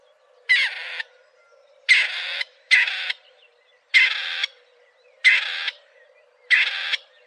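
Bird repeating rough, scratchy calls, six short grating bursts at uneven intervals, over a low constant hum.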